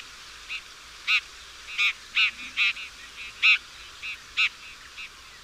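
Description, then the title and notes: Bird calls, short harsh notes with layered harmonics given singly at irregular intervals, over a steady background hiss. Chirping bird song meant for training pet birds. "Suara Burung. Suara Kicauan Burung untuk memaster burung kesayangan"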